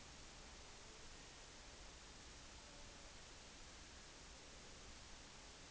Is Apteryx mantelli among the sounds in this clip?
no